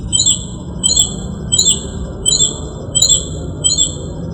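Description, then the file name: Northern mockingbird song, a high bright note repeated about every two-thirds of a second, each a short sweeping chirp, steady hum beneath. "kicauan burung northern mockingbird. omkicau"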